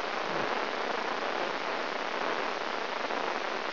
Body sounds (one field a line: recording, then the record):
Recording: brain microelectrode recording played as sound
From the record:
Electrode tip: inside the subthalamic nucleus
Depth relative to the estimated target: -1.5 mm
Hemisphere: left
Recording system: AlphaMap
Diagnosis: Parkinson's disease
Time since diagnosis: 20 years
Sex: female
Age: 65 years